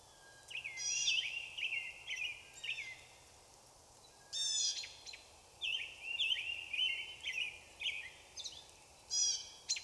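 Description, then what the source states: Blue Jay: harsh calls in scattered bursts, a few raspy notes then pauses, over a steady hiss. Recorded 17 April 2016; blue jays, one of them a screamer.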